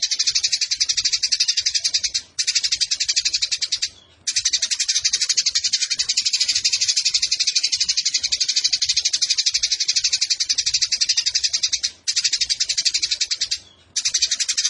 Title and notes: GEREJA TARUNG NEMBAK PANJANG SUARA JERNIH MASTERAN WAJIB BURUNG LOMBA. Burung Gereja